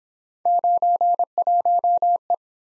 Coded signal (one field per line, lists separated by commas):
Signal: Morse code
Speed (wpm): 25 wpm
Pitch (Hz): 700 Hz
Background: none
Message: 91E